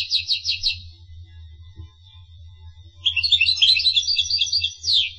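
Finch song opening with a quick run of repeated high chirps, then a quiet gap and a long rapid twittering phrase, low hum throughout.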